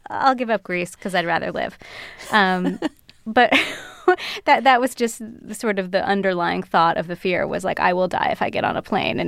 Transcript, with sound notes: I'll give up Greece, because I'd rather live.
(LAUGHTER) But that was just the sort of the underlying thought of the fear, was, like, I will die if I get on a plane.